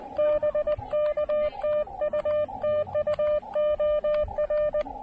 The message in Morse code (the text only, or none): BK TU TU OR